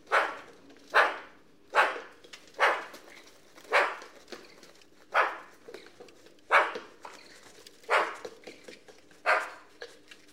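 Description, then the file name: Eurasian magpie uttering a series of several loud, harsh chak notes. "Pica pica"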